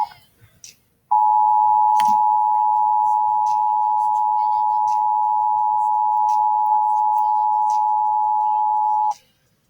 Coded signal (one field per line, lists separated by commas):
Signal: Emergency Alert System (SAME) tones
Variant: 853 and 960 Hz attention tone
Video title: Pennsylvania Required Monthly Test On KDKA-AM 1020 [EAS #522] 7/15/21